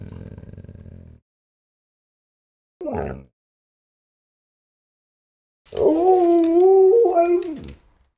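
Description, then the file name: Dog giving a low rumbling snarl, then a short harsh snarl, and finally a long wavering howl lasting about two seconds. "Digiffects Sound Effects Library - Dog Snarling and Howling"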